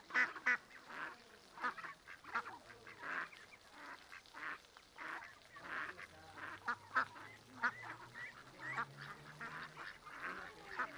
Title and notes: Paseo de la Senda, 34, Griñón, Madrid, España - Tarde en el parque del río con patos. Los sonidos de aves que se escuchan son Ánade Real (Anas platyrhynchos). Hay de todas la edades, adultos, medianos y también patitos pequeños con sus mamás